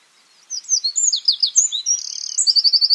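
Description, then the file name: Eurasian wren bursts into song with sharp high notes that speed into a rapid, rattling trill. "Troglodytes troglodytes"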